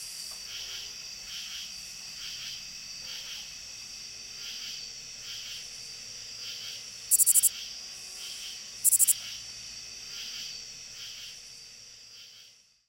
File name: Lesser Angle-wing Katydid